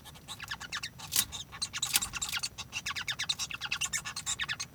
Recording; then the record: song of a male Bengalese finch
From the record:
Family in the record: son of father 1